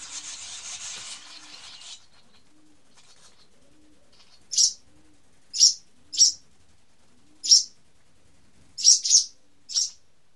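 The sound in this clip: Barn swallow calls: short, sharp, high chirps given singly or in quick pairs over the second half, after an opening burst of hiss, with a faint low hum beneath.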